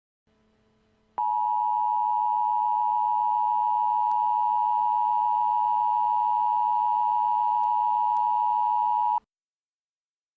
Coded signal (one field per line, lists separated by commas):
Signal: Emergency Alert System (SAME) tones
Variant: 853 and 960 Hz attention tone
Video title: EAS: Flash Flood Emergencies in Houston, TX